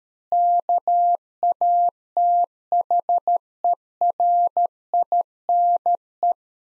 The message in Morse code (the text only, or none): KATHERINE